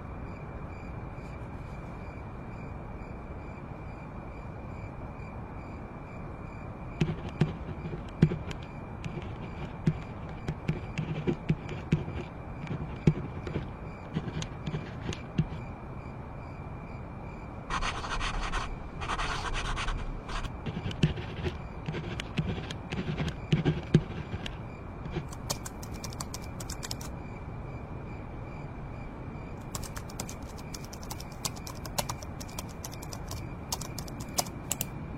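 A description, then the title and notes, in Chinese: Late-night writing and page turning over a steady hiss and faint whine, pen taps and scratches from seven seconds, with rustling page turns near eighteen seconds. 深夜在宿舍学习 超舒适夜间写字声翻书声。深夜宿舍学习 氛围白噪音。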